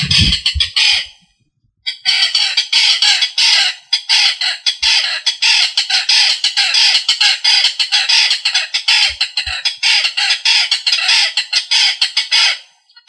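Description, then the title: Rail calls: loud, harsh, cackling notes repeated rapidly in a long, dense chorus after a brief pause near the start. "LuckyFamilia RallidaeFrangoSama"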